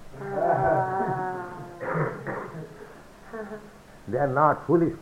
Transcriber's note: laughter